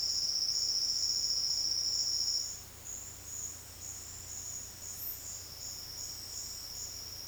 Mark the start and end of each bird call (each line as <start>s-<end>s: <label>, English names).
0.00s-2.58s: Silvered Antbird